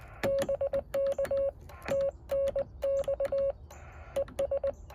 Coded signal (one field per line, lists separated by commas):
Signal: Morse code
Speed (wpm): 19 wpm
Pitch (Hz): 550 Hz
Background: none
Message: BK TNX ES